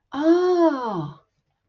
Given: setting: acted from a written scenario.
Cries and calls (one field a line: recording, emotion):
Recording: vocal sound without words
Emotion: realization